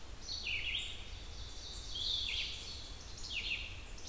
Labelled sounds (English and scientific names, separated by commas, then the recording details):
Red-eyed Vireo (Vireo olivaceus) song
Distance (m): 25 m
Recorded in boreal forest in Alberta, Canada, on 28 June 2016 at 07:39
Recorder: SongMeter 3, array SBT-6-79
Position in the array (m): 108 m, 212 m